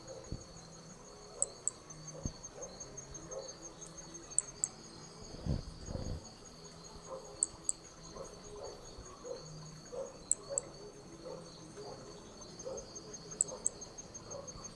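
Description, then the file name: Brachycephalus hermogenesi toadlet calling with tiny high-pitched paired notes that recur roughly every three seconds, set against a constant insect drone and occasional soft knocks. Recorded at Picinguaba; specimen four; several starting notes lost, recording otherwise without interruption. "MHNCI Brachy hermogenesi Picinguaba specimen four several starting notes lost without interruption"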